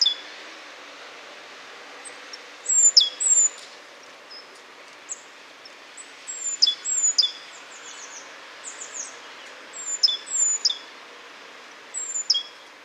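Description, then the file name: Great tit calling: high, thin downward-sliding notes in quick pairs and triplets, repeated at intervals, with faint steady hiss behind. "Parus major"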